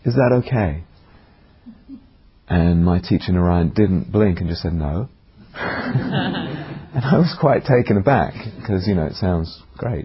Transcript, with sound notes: Is that okay?" And my teacher, Narayan, didn't blink, and just said, "No." [laughter] I was quite taken aback, because, you know, it sounds great.